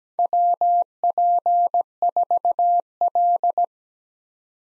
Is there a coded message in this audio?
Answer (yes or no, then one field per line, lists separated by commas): yes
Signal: Morse code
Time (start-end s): 0.2-3.6 s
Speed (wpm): 17 wpm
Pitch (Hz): 700 Hz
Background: none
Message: WP4L